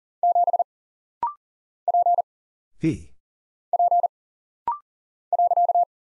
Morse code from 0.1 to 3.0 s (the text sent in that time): 7 P